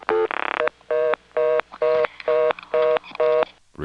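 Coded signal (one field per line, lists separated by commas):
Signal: telephone call progress tone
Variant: North America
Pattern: reorder tone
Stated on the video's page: Call progress tone from step-by-step exchanges in Kenly and Clayton NC, March 1977.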